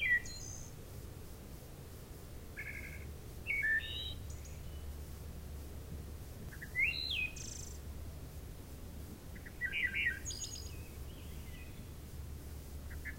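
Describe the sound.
Wood thrush song: several flute-like phrases spaced a few seconds apart, mixing clear whistled notes with high rippling trills, against constant low background hum.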